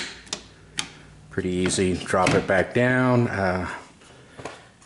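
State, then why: Seated. A removable plastic trim cover in the rear of a 2023 Volvo XC90 SUV is snapped into place, giving two sharp clicks at 0.3 s and 0.8 s as it seats. Someone then talks, and a faint tap follows near the end.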